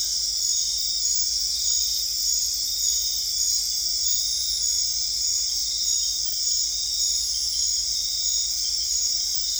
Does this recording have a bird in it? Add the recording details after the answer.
no. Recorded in dense forest near Puerto Asís, Putumayo, Colombia, on 20 December 2024 at 21:30. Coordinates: 0.485, -76.318. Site GP03